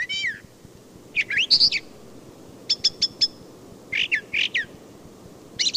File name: Brown Thrasher